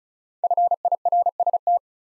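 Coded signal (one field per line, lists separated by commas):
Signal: Morse code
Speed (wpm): 45 wpm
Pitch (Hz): 700 Hz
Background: none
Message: FIRST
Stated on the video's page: Speed-Racing Morse practice of the top 300 words, starting fast and slowing to a 35 wpm base; fastest speed is 1.5 times the slowest, final repeat at maximum.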